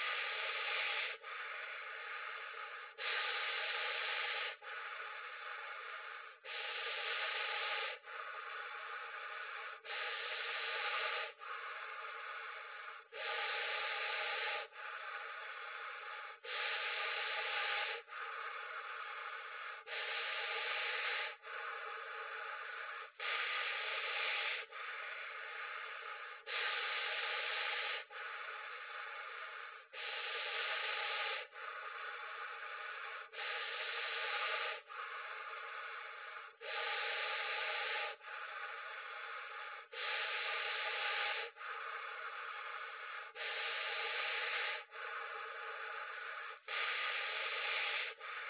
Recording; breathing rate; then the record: paced breathing near a phone; 18 breaths a minute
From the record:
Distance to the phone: 40 cm